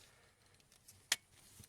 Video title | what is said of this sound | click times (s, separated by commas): Rascal Reviews - Geekvape Aegis Boost Pro!!! | and the 510 adapter just snaps into place | 1.1 s